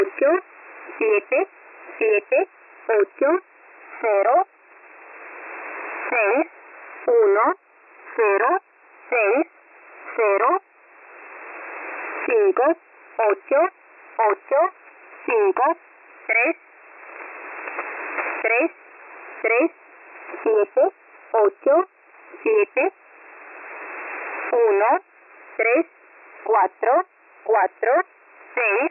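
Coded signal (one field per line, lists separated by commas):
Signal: numbers station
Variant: V07 Spanish Lady, Spanish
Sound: a woman's voice reading Spanish digits one by one, evenly spaced, through shortwave hiss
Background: radio static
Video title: V07 Spanish Lady 05/05/2024 0700 UTC 14469kHz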